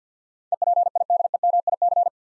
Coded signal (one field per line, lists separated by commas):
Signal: Morse code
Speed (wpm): 45 wpm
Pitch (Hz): 700 Hz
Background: none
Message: EPIDEMIC